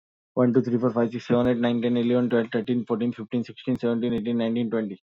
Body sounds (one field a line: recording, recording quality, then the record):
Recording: counting at a fast pace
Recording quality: excellent, no background noise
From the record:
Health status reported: exposed to COVID-19, no respiratory illness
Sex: male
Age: 31 years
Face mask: worn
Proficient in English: yes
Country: India